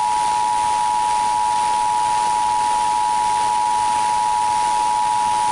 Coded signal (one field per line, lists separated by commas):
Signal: Emergency Alert System (SAME) tones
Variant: 853 and 960 Hz attention tone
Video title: New Jersey Required Monthly Test on WPST-FM (June 22, 2022) (EAS #549)